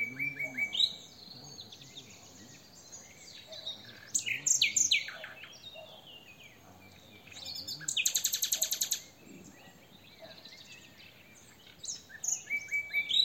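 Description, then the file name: Common nightingale singing a long sequence: repeated whistled notes, fast chattering runs and a dense rattling trill, with short silences between phrases. "Luscinia megarhynchos"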